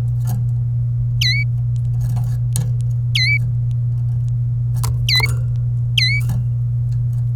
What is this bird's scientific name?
Serinus canaria